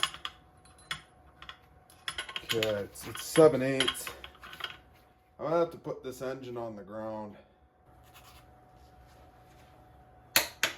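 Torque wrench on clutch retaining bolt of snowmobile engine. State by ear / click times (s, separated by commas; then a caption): torque reached / 10.4 s. A torque wrench with a 7/8 socket set to 85 tightens the clutch retaining bolt on a Yamaha Venture 600 triple snowmobile engine. Someone talks while light taps and clicks sound in the background. Then the wrench gives a sharp click at 10.4 s, confirming the bolt reached 85 and the clutch is on.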